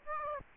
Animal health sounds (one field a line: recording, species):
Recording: mosquito wingbeat signal from an infrared sensor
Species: Aedes aegypti